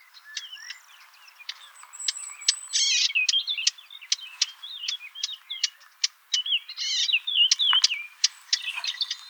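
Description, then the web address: Eurasian blackcap giving rapid hard tacking clicks, several per second, mixed with scratchy twittering phrases. "sylvia atricapilla call"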